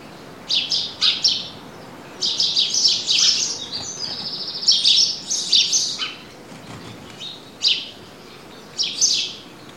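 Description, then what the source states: Bird chorus of high twitters and chirps in bursts, a denser trilled stretch in the middle, then isolated chirps. Country ambience.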